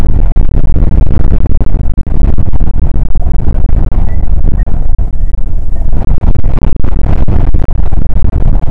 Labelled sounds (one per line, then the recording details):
wind
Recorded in the Prudhoe Bay oil fields, Alaska, on 19 July 2019 at 00:00
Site 25